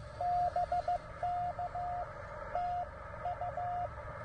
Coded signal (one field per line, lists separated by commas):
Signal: Morse code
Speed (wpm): 14 wpm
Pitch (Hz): 710 Hz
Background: none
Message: BK TU